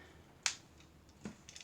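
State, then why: Seated. The second plastic arm of a Transformers Earthrise Wheeljack action figure, a tougher one to fit, is pushed into its torso hinge socket during transformation and seats with one sharp, loud plastic snap at 0.5 s. Fainter handling ticks follow at about 0.8 s and 1.3 s, with a quick run of small clicks near 1.5–1.6 s. The arm is seated and snapped in place.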